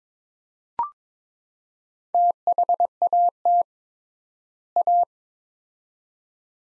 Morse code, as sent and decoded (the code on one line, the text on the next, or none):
- .... .- - / .-
THAT A